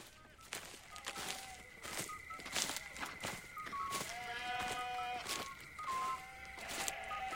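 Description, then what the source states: Sheep bleating, several wavering bleats with frequent sharp clicking footsteps and a steady high hum throughout. Recorded at night, with footsteps.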